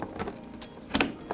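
A second RAM stick is pressed into a motherboard DIMM slot until the retention clip snaps shut. After a few soft taps and rustles, two sharp, bright clicks ring out at 0.9 and 1.0 seconds, followed by a faint tap. The stick is seated and installed.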